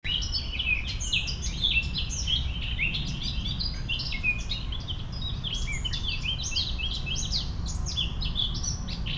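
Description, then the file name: Eurasian blackcap chattering, unbroken busy twitters and short sliding notes from start to end, mixed with strong low rumbling noise. "Sylvia atricapilla"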